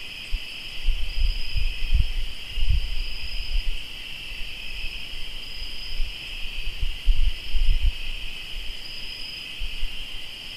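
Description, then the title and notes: Cricket chorus trilling steadily at two high pitches, while low rumbling thumps come and go beneath it. Crickets in Tlayacapan, Morelos. "Sonidos de grillos en Tlayacapan - Morelos"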